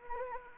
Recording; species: mosquito wingbeat signal from an infrared sensor; Anopheles arabiensis